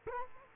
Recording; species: mosquito wingbeat signal from an infrared sensor; Culex quinquefasciatus